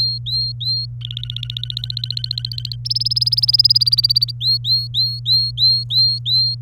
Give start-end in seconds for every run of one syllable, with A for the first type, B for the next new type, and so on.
0.00-0.86 A, 1.01-2.76 B, 2.85-4.31 C, 4.41-6.55 A